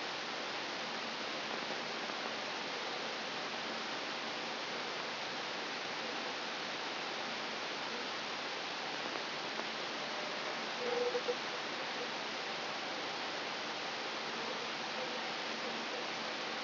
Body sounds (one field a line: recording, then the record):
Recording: brain microelectrode recording played as sound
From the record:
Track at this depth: inside the subthalamic nucleus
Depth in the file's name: 1.154 mm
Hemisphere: right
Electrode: 3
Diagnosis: Parkinson's disease